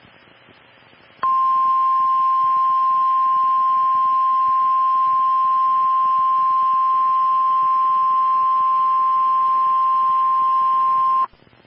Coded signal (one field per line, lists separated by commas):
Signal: Emergency Alert System (SAME) tones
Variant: 1050 Hz attention tone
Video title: EAS Alert #61